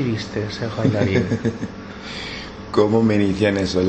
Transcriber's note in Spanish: Risas